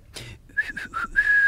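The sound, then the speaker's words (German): A person whistles a quick little tune as a warning signal that someone is coming: three short, clear notes that dip slightly in pitch, then a longer held note at the end, fairly loud and with no talking. “Und wenn einer kommt, dann pfeifst du.”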